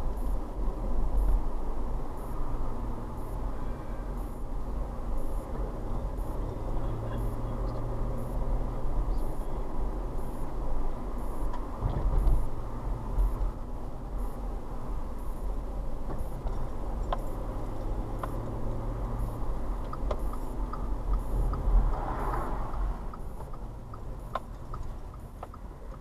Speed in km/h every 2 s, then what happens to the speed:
27, 24, 24, 29, 31, 29, 26, 24, 26, 29, 26, 15, 6.
0-18 steady at about 26. 18-26 slows to 6.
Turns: none.